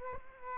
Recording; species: mosquito wingbeat signal from an infrared sensor; Culex quinquefasciatus